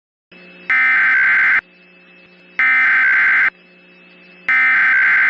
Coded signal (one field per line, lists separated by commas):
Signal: Emergency Alert System (SAME) tones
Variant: header bursts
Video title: *VALID TONES* EAS New Year's Eve Scenario: "2017"